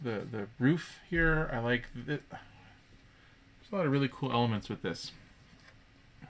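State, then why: Not seated. A plastic brick roof section is handled near the building model, which is the Lego Ideas Medieval Blacksmith (21325), while someone talks. Nothing has seated or clicked yet; the clip ends before the roof section goes home.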